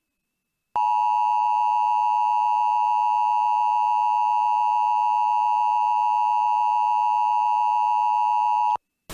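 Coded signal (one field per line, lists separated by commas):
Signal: Emergency Alert System (SAME) tones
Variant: 853 and 960 Hz attention tone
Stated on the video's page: Made-up alert combining three EAS alerts into one.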